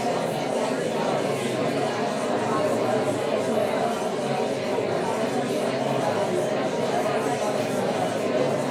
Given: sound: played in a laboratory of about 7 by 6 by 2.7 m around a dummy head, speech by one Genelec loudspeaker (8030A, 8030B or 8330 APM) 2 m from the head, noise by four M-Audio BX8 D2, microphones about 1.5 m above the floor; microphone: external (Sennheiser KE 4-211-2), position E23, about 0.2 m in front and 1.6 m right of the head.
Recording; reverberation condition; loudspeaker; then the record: babble noise; medium; four, about 170 cm from the corners of the room and facing them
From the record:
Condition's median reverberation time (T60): about 510 ms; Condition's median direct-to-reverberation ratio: about -0.5 dB